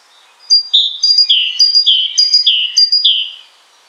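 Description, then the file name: Great tit delivering about five rhythmic two-note phrases, each a high note followed by a lower down-slurred whistle. "Parus major"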